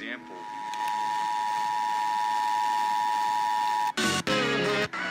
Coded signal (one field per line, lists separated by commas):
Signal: Emergency Alert System (SAME) tones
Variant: 853 and 960 Hz attention tone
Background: speech, music